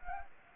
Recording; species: mosquito wingbeat signal from an infrared sensor; Anopheles gambiae